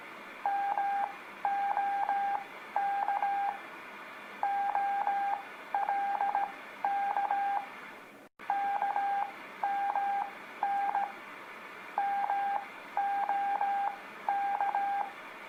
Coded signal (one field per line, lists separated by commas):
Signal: Morse code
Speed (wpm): 17 wpm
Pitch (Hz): 800 Hz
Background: radio noise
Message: MOK OLK KMN MOK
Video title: Practice Morse Code With Letters K L M N O | Beginners